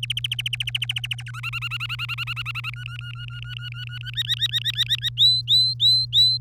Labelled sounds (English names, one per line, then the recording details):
Domestic Canary song
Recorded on 3 May 2018 at 08:38
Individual llb3